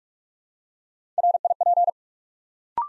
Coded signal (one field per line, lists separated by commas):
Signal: Morse code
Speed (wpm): 44 wpm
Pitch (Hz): 700 Hz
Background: none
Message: RIP